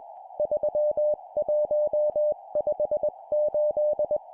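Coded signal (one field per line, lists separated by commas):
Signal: Morse code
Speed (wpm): 21 wpm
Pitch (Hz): 600 Hz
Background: none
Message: 3158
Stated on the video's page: Morse code practice at 20 wpm: four-character groups of numbers.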